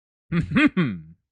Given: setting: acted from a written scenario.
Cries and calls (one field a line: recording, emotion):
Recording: vocal sound without words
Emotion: pride